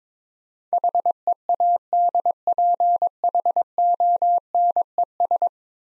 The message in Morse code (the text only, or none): HEADPHONES